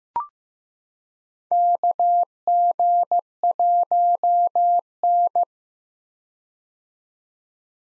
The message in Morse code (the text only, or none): KG1N